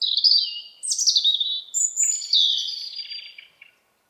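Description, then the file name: European robin song phrase: high, thin warbling notes sliding down, then a bright whistled burst and a scratchy trill fading out after about three and a half seconds. "Erithacus rubecula"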